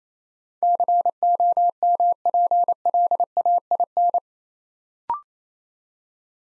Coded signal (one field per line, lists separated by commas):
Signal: Morse code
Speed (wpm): 27 wpm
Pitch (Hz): 700 Hz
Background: none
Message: COMPLAIN